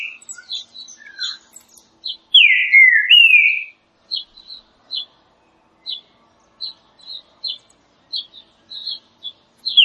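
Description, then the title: Green-winged saltator singing a rich whistled phrase of slurred notes among short high chips. Classic song style of the green-winged saltator, presented for training birds. "Canto Clássico Trinca Ferro TREINAMENTO"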